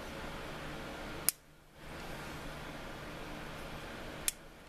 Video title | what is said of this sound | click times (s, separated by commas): How to remove Tetsujin Super Rim wheel disks with the tire in place. RC Drift | uh once you insert the disc make sure you get a nice click | 1.3 s, 4.3 s